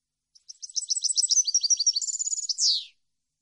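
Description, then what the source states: European goldfinch song: a rapid, high twittering run of repeated notes that builds and ends in a harsh, descending buzzy flourish, with a clean silent background. Clean goldfinch song meant for birds to copy, for song training.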